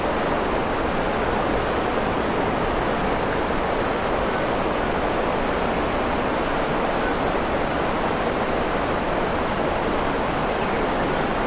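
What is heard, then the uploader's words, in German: A waterfall in a forest clearing pours without pause, a dense, even rush of water spread from low rumble to bright hiss. The level holds steady across the whole stretch, with no separate splashes or other sounds rising above the roar. Wasserfall in einer Waldlichtung. Abgelegenen Waldlichtung in Mid Wales.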